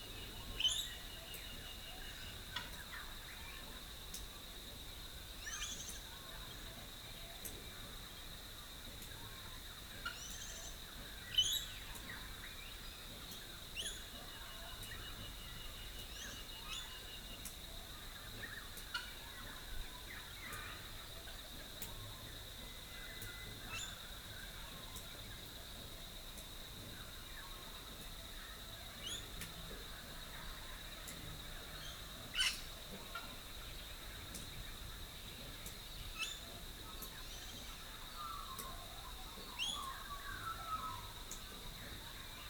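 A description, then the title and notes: Dawn chorus in a small rural town: a steady high insect drone holds throughout while scattered bird calls and chirps come from various distances, mostly faint. Occasional sharper calls stand out near the start, around eleven seconds and at thirty-two seconds. Rural Dawn Chorus, Rathdowney, Queensland. It's recorded using two microphones placed as if they were human ears. Today it's the Dawn Chorus in the tiny town of Rathdowney, Queensland.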